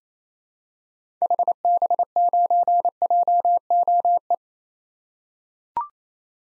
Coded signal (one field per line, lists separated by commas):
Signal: Morse code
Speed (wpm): 27 wpm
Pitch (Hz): 700 Hz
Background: none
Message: HB9JOE